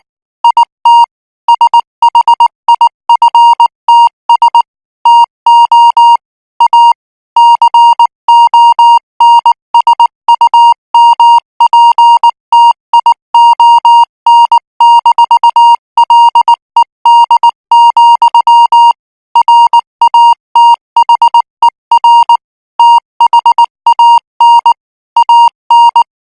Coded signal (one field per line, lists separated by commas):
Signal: Morse code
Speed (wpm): 19 wpm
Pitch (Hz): 940 Hz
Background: music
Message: IT SHIFTS TO A CONSUMPTION-LED, RATHER THAN AN